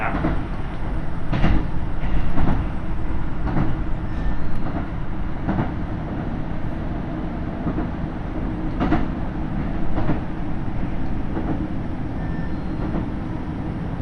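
A KiHa 75 diesel train rumbles steadily between Gifu and Mino-Ota on the Takayama Line, with rail joints clicking irregularly throughout.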